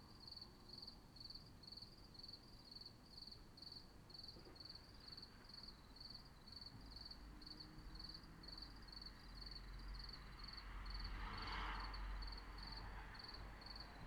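Cricket chirping in regular quick bursts, about two each second, with low rumble and a brief louder noise near the end.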